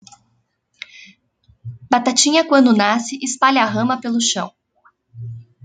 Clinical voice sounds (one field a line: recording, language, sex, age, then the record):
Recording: short text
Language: Brazilian Portuguese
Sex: female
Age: 30 to 39 years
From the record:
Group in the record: control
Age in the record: 31 years